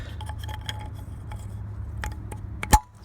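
A plastic wheel center cap is turned over, set on a vehicle wheel and pressed until it snaps into place, with light clinks and taps over a low background hum. Sharp snaps at 2.6 and 2.7 seconds seat the cap.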